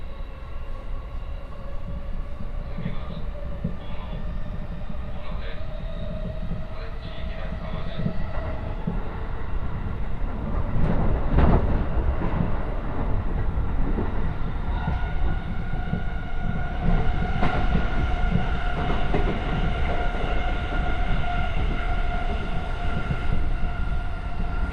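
A train ride on the Kosei Line, with a steady low rumble of the cars rolling along the track throughout. Sustained whining tones glide and shift in pitch, and a sharp burst of clatter comes near eleven seconds before the running noise grows slightly louder.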